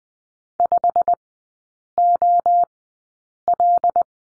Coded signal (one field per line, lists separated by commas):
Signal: Morse code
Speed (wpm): 20 wpm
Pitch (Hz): 700 Hz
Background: none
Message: 5OL